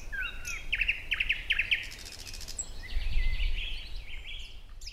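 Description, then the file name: Thrush nightingale song: a short whistle, then clipped rattling bursts of clicks, followed by softer warbled notes over low background rumble. "Naktergal"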